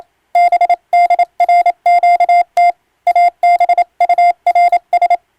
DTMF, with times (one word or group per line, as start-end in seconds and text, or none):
none